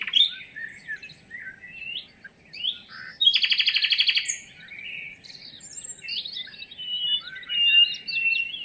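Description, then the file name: Common nightingale song with scattered chirps and whistles, then a dense buzzy rattle near the middle, then more varied twittering phrases. "Luscinia megarhynchos"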